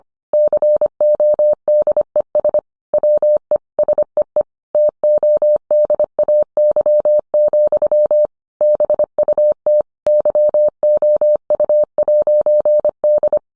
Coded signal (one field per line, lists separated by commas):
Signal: Morse code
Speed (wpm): 25 wpm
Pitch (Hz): 600 Hz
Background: none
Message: CODES WE SEE TODAY, BUT YOU'D